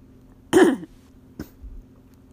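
A single harsh cough with a throaty voiced edge, then a faint second catch, from an adult woman with a lingering cold whose throat has been easily irritated since childhood, causing frequent coughing.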